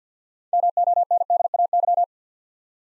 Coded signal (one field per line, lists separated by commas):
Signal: Morse code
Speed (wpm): 51 wpm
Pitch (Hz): 700 Hz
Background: none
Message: MONDAY